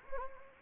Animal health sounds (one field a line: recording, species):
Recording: mosquito wingbeat signal from an infrared sensor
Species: Anopheles gambiae